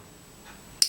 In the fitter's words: on pousse vers l'avant, selon le cas. Donc, on entend un bon clic.